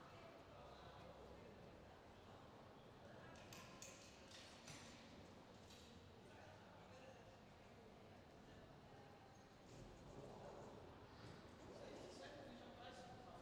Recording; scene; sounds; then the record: everyday scene through a hearing-aid microphone; reverberant space; background noise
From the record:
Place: railway station hall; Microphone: in the ear canal, left